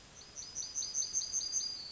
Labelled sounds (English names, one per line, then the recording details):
Yellowhammer song
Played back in forest
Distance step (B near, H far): E
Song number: 057